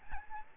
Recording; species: mosquito wingbeat signal from an infrared sensor; Aedes albopictus